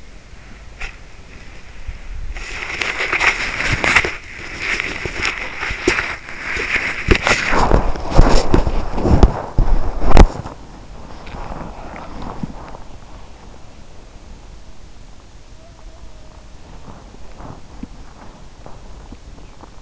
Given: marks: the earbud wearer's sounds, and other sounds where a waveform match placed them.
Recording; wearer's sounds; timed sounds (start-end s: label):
sounds in sleep by an in-ear microphone; body movement
0.00-19.82 s: body movement